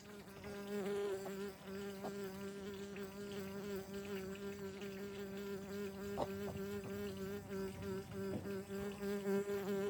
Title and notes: The buzzing sound is coming from another bee out of frame that was flying back and forth at me.